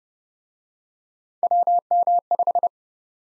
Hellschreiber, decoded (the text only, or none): none